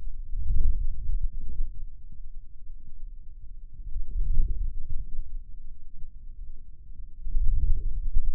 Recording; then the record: forearm muscle sounds (acoustic myography)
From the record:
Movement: wrist flexion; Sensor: system 2, bracelet of six BSWA MPA416 microphones around the upper forearm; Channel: 4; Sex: male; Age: 22 years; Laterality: right